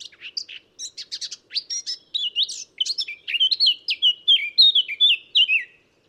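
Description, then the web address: Eurasian blackcap song, opening with quick scratchy notes that turn into a loud, clear, fluted flourish of repeated descending whistles toward the end. "SETE data Sylvia atricapilla"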